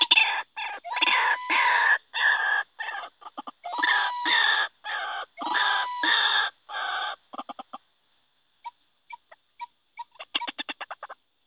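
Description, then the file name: White-breasted waterhen calling in loud, harsh, rhythmic phrases for about seven seconds. Sparse single notes follow, then a short final burst. White-breasted waterhen (ruak-ruak) call recording used as a lure (pikat) to attract birds. "suara ruak ruak pikat. omkicau"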